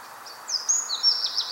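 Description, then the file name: Eurasian wren giving high, thin gliding notes that break into rapid, sharply repeated chips, with soft constant background noise. "Troglodytes troglodytes"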